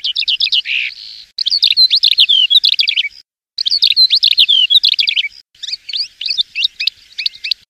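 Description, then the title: Bird song: rapid, dense chattering of sharp, varied high notes and trills, delivered in bursts separated by short pauses. Masteran-style song. "Burung Masteran"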